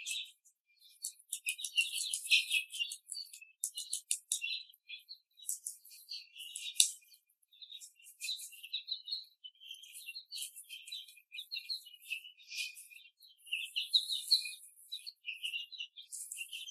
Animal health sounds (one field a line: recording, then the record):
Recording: young laying hens in a cage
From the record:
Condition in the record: after the stressor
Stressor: simulated dog barking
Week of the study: 3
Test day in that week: 1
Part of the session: 1